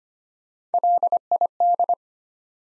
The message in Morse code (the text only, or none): LID